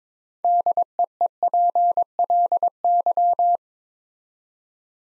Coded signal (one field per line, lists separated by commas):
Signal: Morse code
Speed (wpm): 22 wpm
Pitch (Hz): 700 Hz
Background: none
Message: DEEPLY